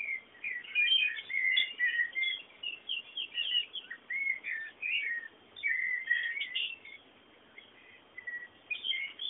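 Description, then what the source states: Birds twittering almost continuously in overlapping chirped phrases over a steady rushing background noise. Bird sounds meant as background ambience.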